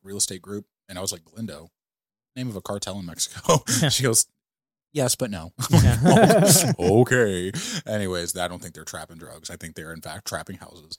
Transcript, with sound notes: real estate group, and I was like, "Lindo." Name of a cartel in Mexico. She goes, "Yes, but no." - (laughing) Okay, anyways, I don't think they're trapping drugs. I think they're in fact trapping houses.